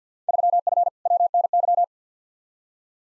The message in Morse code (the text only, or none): 3F WNY